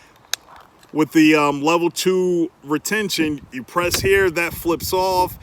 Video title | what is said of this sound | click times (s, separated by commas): EDC Holster for my Springfield XD .45 | It's a nice, satisfying click | 0.3 s